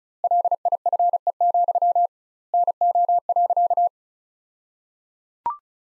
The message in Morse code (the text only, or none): LIFE, NO.